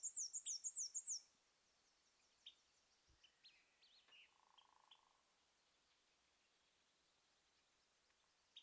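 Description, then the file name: Black-and-white warbler song, a thin, very high squeaky phrase of repeated two-note units lasting about a second, followed by faint chips and a softer buzzy note. "Black and white Warbler Mniotilta varia"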